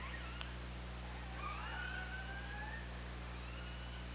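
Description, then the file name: Orca call, a long tonal sweep that rises gently, with faint harmonics, over constant low hum and a brief click near the start. Recorded on an OrcaLab hydrophone, 24 August 2017, 22:54. "Orca Lab UTLN JASON 20170824 225402"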